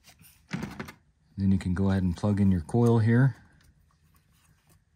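Someone handles the wiring harness connector and ignition coil on a 2013-2018 Ford Focus ST, with a few short taps and knocks near 0.5–0.9 s before someone talks from about 1.4 to 3.3 s. The connector is about to be plugged onto the coil, but nothing has seated or clicked yet.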